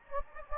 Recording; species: mosquito wingbeat signal from an infrared sensor; Anopheles gambiae